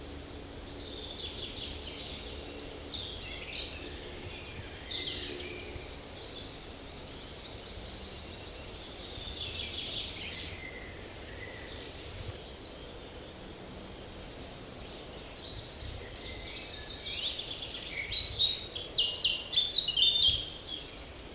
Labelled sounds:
Common Chiffchaff (Phylloscopus collybita)
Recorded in the wild
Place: Emsdetten, Nordrhein-Westfalen, DE
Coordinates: 52.29, 7.56
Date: 1985-06-15
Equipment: Sony WM-D6C, Big Ear
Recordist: Skiba, Reinald

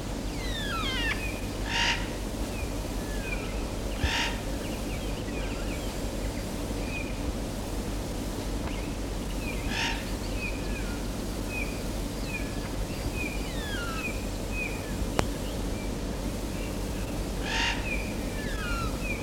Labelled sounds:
Spotted Nutcracker (Nucifraga caryocatactes)
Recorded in the wild
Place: Mirnock, Nockberge, Kärnten, AT
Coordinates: 46.758, 13.7144
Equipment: Uher 4000
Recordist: Brunner, Thomas

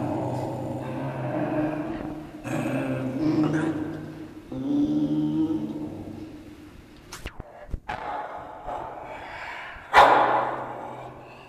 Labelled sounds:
Maned Wolf (Chrysocyon brachyurus)
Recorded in captivity
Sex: female
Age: juvenile
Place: Tierpark Berlin, Berlin, DE
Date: 1966-10-30 12:30
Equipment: Uher 4200 Report Monitor, Sennheiser MD 421, Transistorverstärker 2
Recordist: Tembrock, Günter

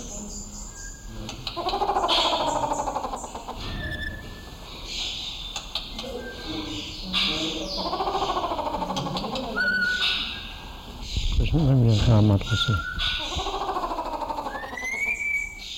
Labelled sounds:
Grey Peacock-Pheasant (Polyplectron bicalcaratum)
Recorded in captivity
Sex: male
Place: Zoo Berlin, Berlin, DE
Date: 1996-01-06 14:53
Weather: bedeckt, -4°C
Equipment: Sony WM-D6C, Sennheiser ME 80, Kopie Uher 4000 Report Monitor
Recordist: Tembrock, Günter

